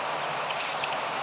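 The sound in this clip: Saltmarsh sparrow giving a brief, very high, hissing buzz of about a quarter second over steady background noise.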